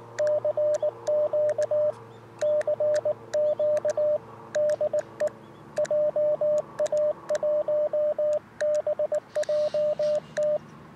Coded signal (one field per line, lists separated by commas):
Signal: Morse code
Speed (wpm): 19 wpm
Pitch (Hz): 600 Hz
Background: radio noise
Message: CQ CQ DE JA1BJT